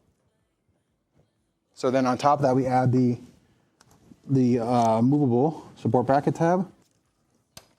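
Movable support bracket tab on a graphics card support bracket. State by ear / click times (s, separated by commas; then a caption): seated / 7.6 s. A man talks as the movable tab on a graphics card support bracket, part of a Lian Li O11 Evo PC build, is pushed into place. It locks with a sharp snap at 7.6 s and no longer moves.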